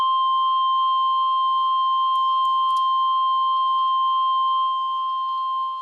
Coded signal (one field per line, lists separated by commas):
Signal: Emergency Alert System (SAME) tones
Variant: 1050 Hz attention tone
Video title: EAS 54 - SVR Newton County MS